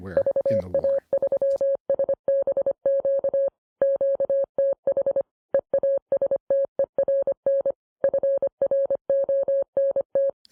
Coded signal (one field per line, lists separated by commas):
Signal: Morse code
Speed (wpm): 25 wpm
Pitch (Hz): 550 Hz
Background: music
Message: VA3SBQ QTH EASTERN FRONT